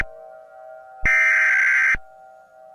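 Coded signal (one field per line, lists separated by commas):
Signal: Emergency Alert System (SAME) tones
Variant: header bursts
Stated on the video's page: Fictional EAS short, a created recreation rather than a real alert.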